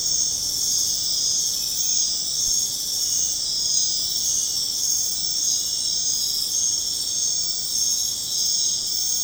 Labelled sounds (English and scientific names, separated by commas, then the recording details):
none
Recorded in secondary vegetation near Puerto Asís, Putumayo, Colombia, on 23 June 2025 at 20:30
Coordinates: 0.484, -76.319
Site G074